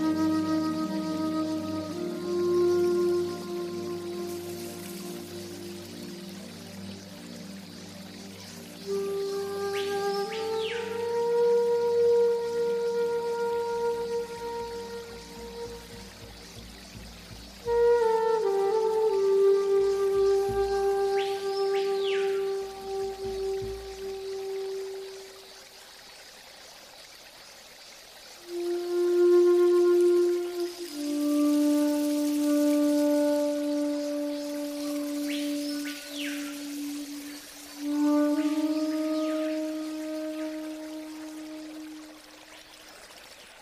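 Slow new age music with a breathy, flute-like lead playing long held notes over a soft low drone, with gentle rising swoops near 10, 22, 35 and 39 seconds. The drone drops away around 25 seconds, leaving sparser melody over faint trickling water.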